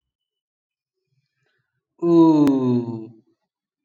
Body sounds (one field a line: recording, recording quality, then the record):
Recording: sustained vowel as in boot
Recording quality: excellent, no background noise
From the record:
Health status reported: respiratory illness, not identified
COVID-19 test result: negative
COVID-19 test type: RT-PCR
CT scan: not taken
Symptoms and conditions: cold, asthma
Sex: male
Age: 23 years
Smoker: no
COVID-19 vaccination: one dose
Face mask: not worn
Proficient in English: yes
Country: India